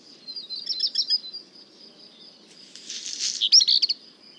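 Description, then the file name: Black redstart singing twice: a short run of thin high notes, a pause, then a crackling scratchy burst ending in sharp clipped notes, over a steady insect tone. At le Puech. "chant de rougequeue noir merle noir le Puech"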